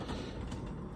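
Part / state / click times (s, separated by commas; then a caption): frame pieces pressed into the corner joint of a mini greenhouse cabinet / not seated / none. Two frame pieces of an IKEA Akerbar small indoor greenhouse cabinet are pressed by hand into a plastic corner joint, making steady, creaky handling and rubbing noise with no sharp hit. Nothing has snapped or seated yet.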